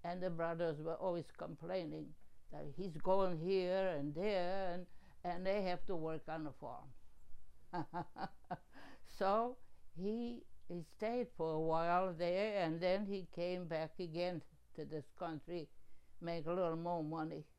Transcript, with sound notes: and the brothers were always complaining that he's going here and there and they have to work on the farm. (laughing) So, he stayed for a while there and then he came back again to this country, made a little more money...